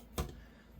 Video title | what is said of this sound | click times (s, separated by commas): Overview: Lenovo ThinkCentre | This locks into place and you can access the hard drive, | 0.2 s